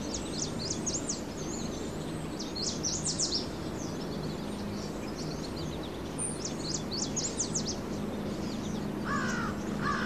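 Birds chirping in quick high bursts, with a few lower, rougher calls near the end, over constant background noise and a faint hum.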